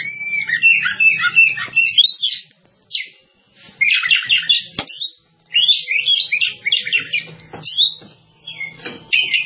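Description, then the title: Java sparrow song in rapid clusters of high chirps and clicks, several bursts broken by short silences. "kicau gelatik"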